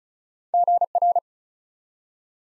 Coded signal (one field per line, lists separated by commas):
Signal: Morse code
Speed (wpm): 36 wpm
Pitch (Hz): 700 Hz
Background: none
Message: GR